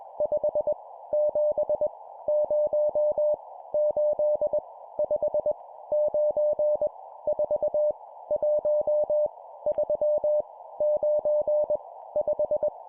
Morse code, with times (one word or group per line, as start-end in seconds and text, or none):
0.2-0.7 5
1.1-1.9 7
2.3-3.3 0
3.7-4.6 8
5.0-5.5 5
5.9-6.9 9
7.3-7.9 4
8.3-9.3 1
9.7-10.4 3
10.8-11.8 9
12.2-12.7 5